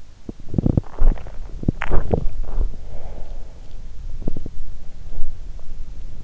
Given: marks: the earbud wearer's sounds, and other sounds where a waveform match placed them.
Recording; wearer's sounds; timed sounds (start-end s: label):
sounds in sleep by an in-ear microphone; body movement, swallowing, breath
0.20-6.13 s: body movement
0.60-2.65 s: swallowing
2.83-4.12 s: breath